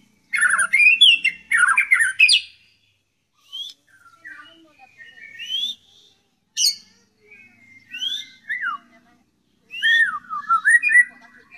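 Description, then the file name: White-rumped shama song opening with two loud, rich bursts of whistles, followed by spaced single upslurred and downslurred whistled phrases. Song style called 'tembakan', with canary (kenari) and kingfisher (tengkek) phrases worked in. "murai batu tembakan kenari tengkek"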